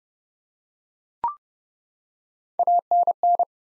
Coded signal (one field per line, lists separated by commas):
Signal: Morse code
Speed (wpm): 30 wpm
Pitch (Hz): 700 Hz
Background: none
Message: ANN